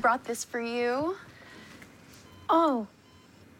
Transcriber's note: soundbite of beeping monitor